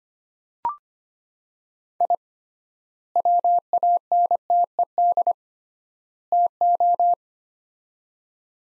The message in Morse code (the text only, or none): I WANTED TO